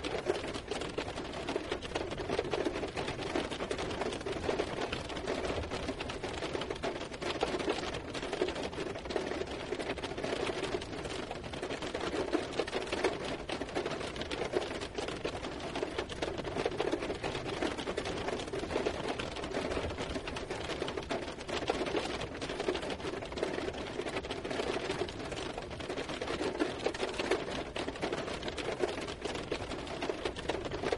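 Rhythmic patter on leaves runs steadily for the whole stretch, a dense, fast, even tapping with no pauses or build. The sound sits mid-toned, with a faint hiss above and a soft low rumble underneath throughout.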